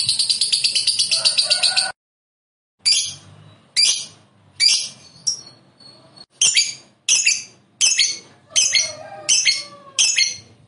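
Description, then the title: Lovebird chirps: a rapid shrill burst, a pause, then a series of single sharp chirps spaced out evenly. "Suara Lovebird"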